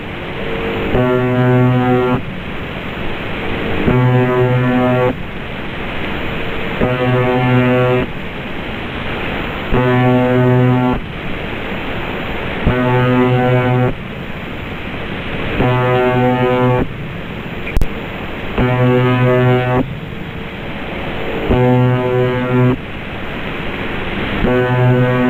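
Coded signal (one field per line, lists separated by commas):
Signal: channel marker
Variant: UVB-76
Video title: Sound of UVB-76 The Buzzer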